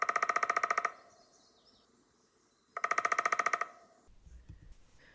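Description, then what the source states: Downy Woodpecker drum, two brief rattling bursts of quick even taps roughly two seconds apart, followed by soft noise. Drums short, averaging about 0.8 seconds; gaps between drums shortened in the recording, with much more time between drums in reality.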